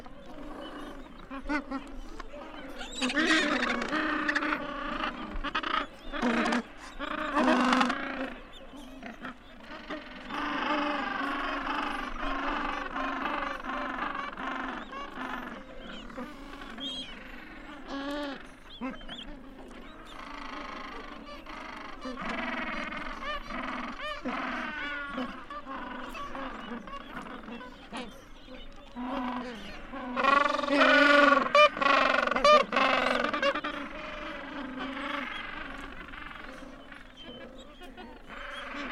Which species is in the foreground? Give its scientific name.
Pygoscelis papua